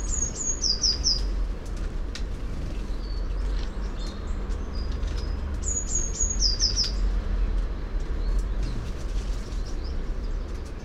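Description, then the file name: Eurasian blue tit giving two bursts of several sharp, high notes, some seconds apart, over a constant low rumble. "Cyanistes caeruleus"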